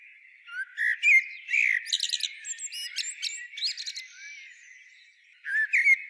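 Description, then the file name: Eurasian blackbird delivering fluty, slurred whistles followed by high scratchy twitters, softening midway before a fresh loud phrase at the end. "Turdus merula"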